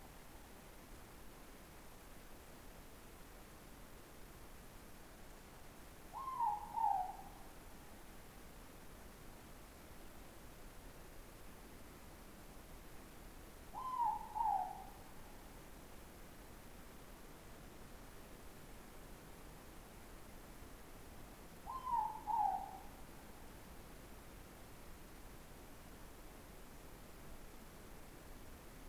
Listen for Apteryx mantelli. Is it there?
no